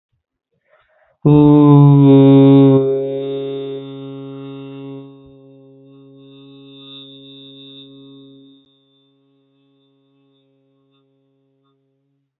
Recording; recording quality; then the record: sustained vowel as in boot; excellent, no background noise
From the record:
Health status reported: healthy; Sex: male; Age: 30 years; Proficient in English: yes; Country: India